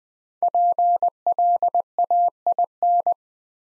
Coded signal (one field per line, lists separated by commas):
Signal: Morse code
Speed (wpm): 20 wpm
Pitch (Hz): 700 Hz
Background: none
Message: PLAIN